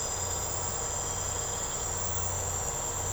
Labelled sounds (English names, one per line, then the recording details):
none
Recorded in secondary vegetation near Puerto Asís, Putumayo, Colombia, on 13 March 2025 at 03:30
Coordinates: 0.468, -76.324
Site G059